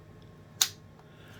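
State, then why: Seated. The knurled lock handle on the end of the machined aluminum handle of a Vanpo 3/4" drive, 750 ft/lbs large click-type torque wrench is worked into its locked position. A single sharp, bright snap sounds at 0.6 s and fades quickly against a quiet background. The handle locks into place solidly.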